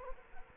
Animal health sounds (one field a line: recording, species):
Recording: mosquito wingbeat signal from an infrared sensor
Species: Culex quinquefasciatus